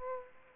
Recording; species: mosquito wingbeat signal from an infrared sensor; Aedes aegypti